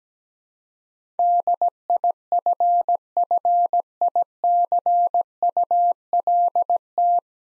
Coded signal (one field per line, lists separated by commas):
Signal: Morse code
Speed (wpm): 17 wpm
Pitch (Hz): 700 Hz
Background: none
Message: DIFFICULT